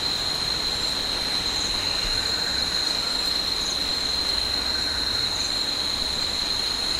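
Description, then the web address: Insects droning in a steady, unbroken high whine with fainter shrill pulses layered over a dense hiss. Tropical forest insects. "Tom Hutchings Insects Tropical"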